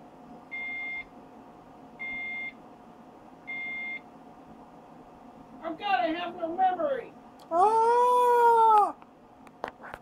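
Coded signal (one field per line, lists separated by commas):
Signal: beep code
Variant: HP BIOS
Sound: three steady half-second high beeps about a second apart, then a voice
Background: voice or cat meow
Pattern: 3 beeps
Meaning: No RAM detected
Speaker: gonna boot this up without new Ram because I originally put this up without Ram I found out that it did something very interesting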